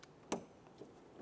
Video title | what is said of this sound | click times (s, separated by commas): How to Replace Power Window Motor & Regulator Assembly 2006-2011 Honda Civic | once again we're listening for a click | 0.3 s